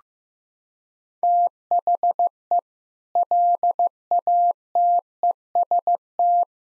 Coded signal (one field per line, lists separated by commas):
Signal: Morse code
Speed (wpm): 15 wpm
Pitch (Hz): 700 Hz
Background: none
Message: THE LATEST